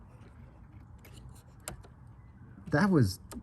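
A loose plastic blade fuse is pushed down into its socket in a Jeep Wrangler fuse box and seats with a sharp click at 1.7 s; it had not been seated at all. Someone talks shortly afterwards.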